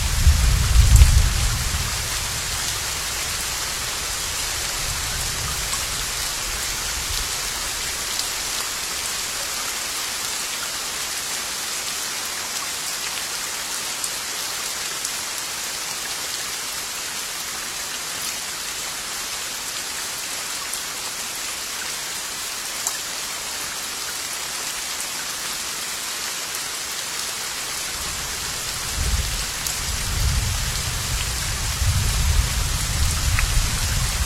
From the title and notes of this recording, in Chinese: 细雨声静心安睡。